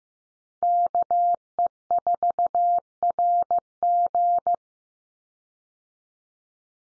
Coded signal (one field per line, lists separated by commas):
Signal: Morse code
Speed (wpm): 15 wpm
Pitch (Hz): 700 Hz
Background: none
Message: KE4RG